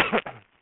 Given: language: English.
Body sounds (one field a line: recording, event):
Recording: throat vibration sensor signal played as sound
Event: cough